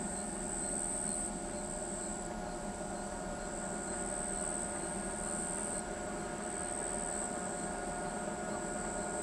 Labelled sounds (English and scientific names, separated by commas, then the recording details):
none
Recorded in pastures near Pivijay, Magdalena, Colombia, on 15 April 2023 at 21:00
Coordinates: 10.456, -74.369
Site P6-G026